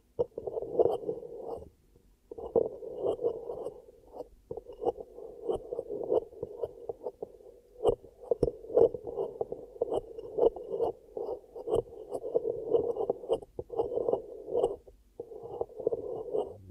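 Ear cupping sounds: muffled, hollow rubbing and pressing that swells and fades in soft, dense bursts, mostly low and dull with little brightness. Brief quiet breaks fall near two, four and seven seconds, with faint sharp clicks scattered throughout.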